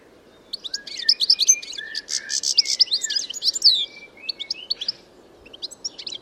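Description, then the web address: Bird singing a jumbled, high twittering song of quick chirps mixed with lower slurred notes, lasting about five seconds. "Bird Only"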